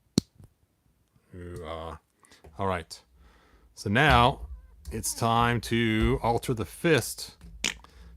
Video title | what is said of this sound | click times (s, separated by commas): Who was Fisto before he had his big Ol' Metal fist? - He-Man and the Masters of the Universe | now I can plug and unplug it it still has that snap sound you can hear it listen | 0.2 s